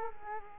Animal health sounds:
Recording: mosquito wingbeat signal from an infrared sensor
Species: Culex quinquefasciatus

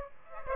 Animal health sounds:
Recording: mosquito wingbeat signal from an infrared sensor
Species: Aedes aegypti

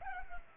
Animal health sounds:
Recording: mosquito wingbeat signal from an infrared sensor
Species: Culex pipiens

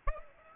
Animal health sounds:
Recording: mosquito wingbeat signal from an infrared sensor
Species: Aedes aegypti

